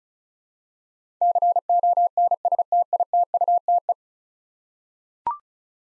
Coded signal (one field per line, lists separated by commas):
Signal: Morse code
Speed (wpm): 36 wpm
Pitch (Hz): 700 Hz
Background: none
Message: CONSTITUTE